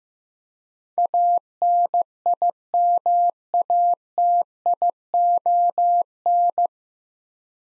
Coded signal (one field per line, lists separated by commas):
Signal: Morse code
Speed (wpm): 15 wpm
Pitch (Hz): 700 Hz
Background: none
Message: ANIMATION